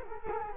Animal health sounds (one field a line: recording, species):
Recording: mosquito wingbeat signal from an infrared sensor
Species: Culex quinquefasciatus